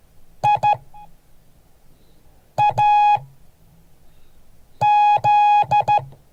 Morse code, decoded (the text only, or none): IAZ